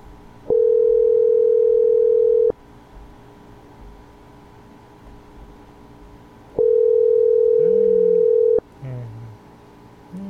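A steady, mid-pitched telephone dial tone hums for about two seconds, stops, then returns once more after a long pause, over a faint low background hiss.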